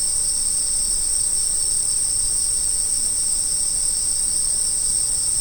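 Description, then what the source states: Insect chorus of unbroken, high-pitched shrill trilling, two layered tones droning evenly for the whole stretch. Autumn insects.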